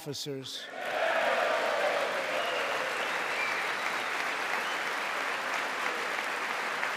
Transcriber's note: applause